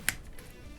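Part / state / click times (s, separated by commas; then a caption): 24-pin ATX power connector into 90-degree adapter / seated / 0.1 s. A 24-pin ATX power connector is pushed onto a 90-degree RGB 24-pin ATX adapter until its clip catches. A sharp, loud click is heard at 0.1 s, followed by a faint tap and low background noise. The connector seats and sits flush with no gap.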